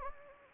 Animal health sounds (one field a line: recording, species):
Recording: mosquito wingbeat signal from an infrared sensor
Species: Anopheles gambiae